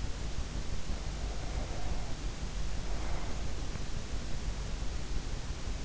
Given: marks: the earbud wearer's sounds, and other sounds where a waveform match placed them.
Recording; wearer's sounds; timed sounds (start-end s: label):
sounds in sleep by an in-ear microphone; breath
0.66-3.81 s: breath